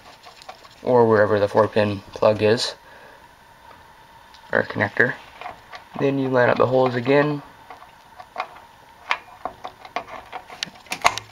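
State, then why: Seated. Someone talks while a 4-pin 12 V power plug is lined up and pushed into its motherboard socket, with scattered small plastic taps and handling clicks from about 8.4 s. The plug clicks into place at 11.1 s, and a later tug confirms it is locked and properly connected.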